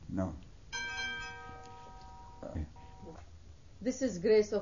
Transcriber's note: a doorbell rings